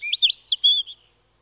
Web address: european robin